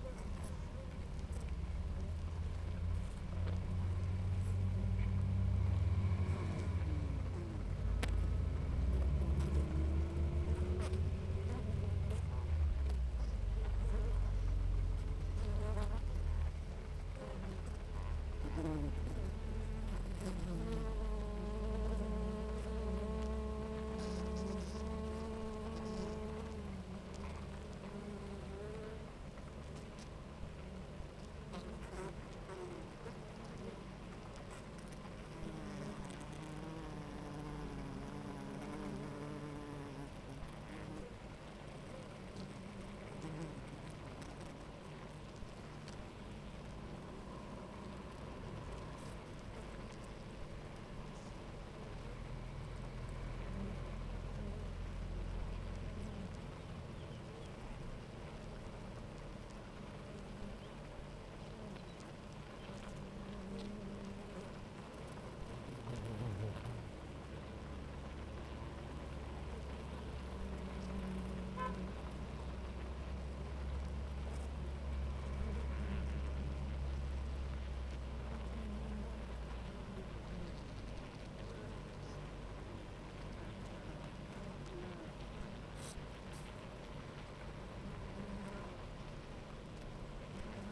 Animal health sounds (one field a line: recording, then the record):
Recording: honeybee colony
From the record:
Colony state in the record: active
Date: 28 July 2017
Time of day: 9:44